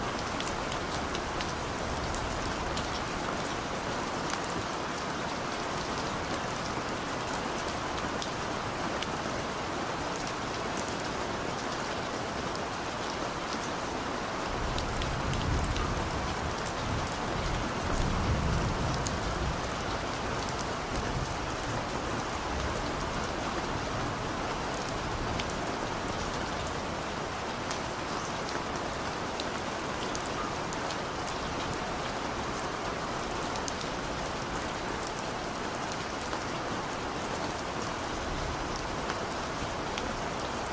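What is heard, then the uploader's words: Rainfall pours down steadily, a dense, even hiss filled with countless fine drop patters across the whole clip. Around fifteen to nineteen seconds a low rumble swells briefly beneath the rain, then fades, leaving the unchanging downpour. The soothing sound of rainfall. During storms, the high-frequency sprinkle of rainfall combines with the low rumbling of thunder to create an organic white noise.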